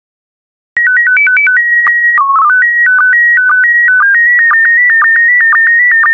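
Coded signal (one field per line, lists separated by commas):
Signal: SSTV (slow-scan television)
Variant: PD 120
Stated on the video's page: SSTV in PD120 mode, images for decoding practice.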